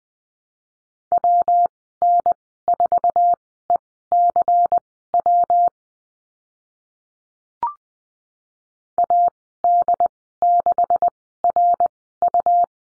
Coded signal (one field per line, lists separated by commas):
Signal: Morse code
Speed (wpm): 20 wpm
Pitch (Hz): 700 Hz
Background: none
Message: WN4ECW AD6RU